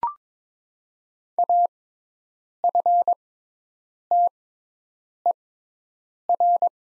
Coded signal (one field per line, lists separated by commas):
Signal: Morse code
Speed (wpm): 22 wpm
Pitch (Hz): 700 Hz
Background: none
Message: AFTER